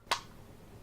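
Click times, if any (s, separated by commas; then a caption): 0.1 s. A spring-loaded top cap on a Vivakita Frogman OHM vape tank is pressed and releases with one sharp, bright click at 0.1 s, then pops out into the hand. The rest of the clip is quiet low hum.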